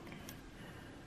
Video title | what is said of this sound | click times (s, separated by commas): Metal Build Strike Freedom Gundam Figure Review | there you hear that click | 0.1 s, 0.3 s